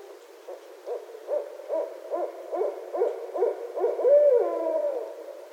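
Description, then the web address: Barred owl gives a series of short rhythmic hoots, ending in a longer descending hoot. Recorded 9 February 2012. "Barred Owl 2012 02 09"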